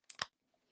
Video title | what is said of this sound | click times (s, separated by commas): Marvel Legends Age of Apocalypse Colossus Wave Unboxing and BAF build - Live @ 705 - 11/3/21 | again, a little bit of a pop. | 0.1 s